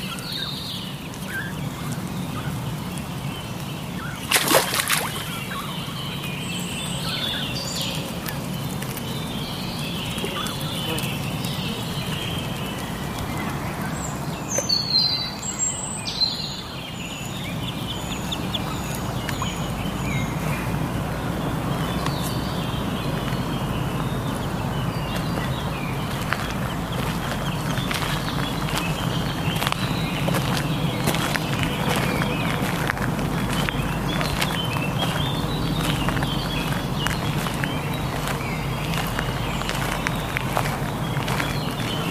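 A soundwalk at Ludwigsteich near Roßdorf: a steady low rumble throughout, with a sharp burst near five seconds, bird chirps around fifteen, and scattered ticks.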